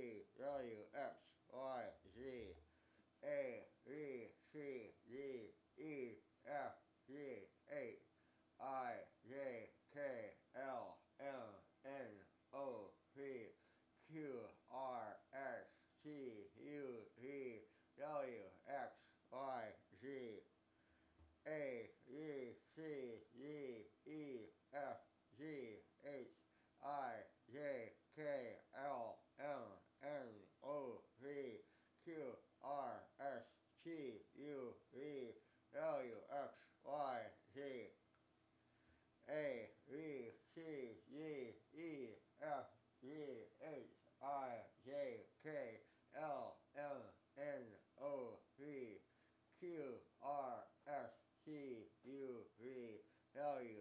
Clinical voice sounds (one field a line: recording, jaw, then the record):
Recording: letters of the alphabet, spoken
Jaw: constrained by a bite bar between the teeth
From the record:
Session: first day, right after the free take